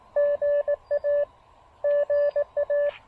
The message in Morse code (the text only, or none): GA GA